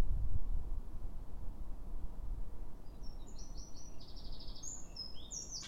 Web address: pub SETE data Troglodytes troglodytes